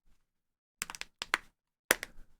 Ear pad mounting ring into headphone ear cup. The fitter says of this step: kind of hear the clicky click as the grooves fit inside and